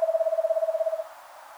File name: Eastern Screech Owl Megascops asio